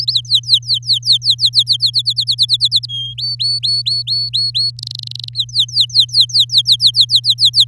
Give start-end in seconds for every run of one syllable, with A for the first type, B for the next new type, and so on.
0.00-0.13 A, 0.14-1.90 B, 1.93-2.86 C, 2.89-3.14 D, 3.18-4.71 E, 4.79-5.29 F, 5.33-7.64 B